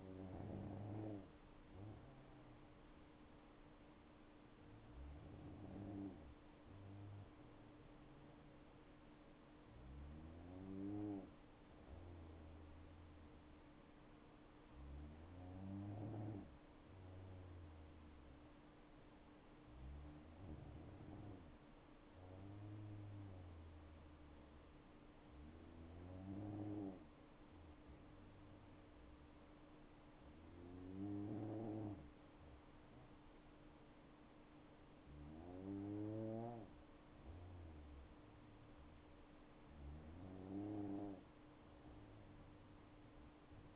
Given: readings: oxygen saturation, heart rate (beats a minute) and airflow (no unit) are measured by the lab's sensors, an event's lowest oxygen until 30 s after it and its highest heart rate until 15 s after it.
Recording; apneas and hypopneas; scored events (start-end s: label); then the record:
breathing in sleep by a voice recorder at the bedside; none
none scored
From the record:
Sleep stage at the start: N2 (light sleep); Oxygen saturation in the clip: 94 to 95%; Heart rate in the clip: 59 to 66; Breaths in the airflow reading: 9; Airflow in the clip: -5.1 to 6.7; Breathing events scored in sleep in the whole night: 228 in 5.4 hours asleep